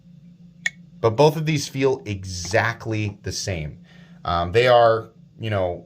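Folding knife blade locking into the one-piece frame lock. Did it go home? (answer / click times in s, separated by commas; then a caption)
yes / 0.7 s. A Reate JACK 1.5 folding knife blade, a Cranes Cutlery exclusive, is flicked open and locks into its one-piece frame lock with a single sharp click at 0.7 s, its sound a little different, probably because the frame is all one piece. The lockup is solid, with no blade play, no lock stick and no pivot lash. Afterward someone talks over a faint steady low hum.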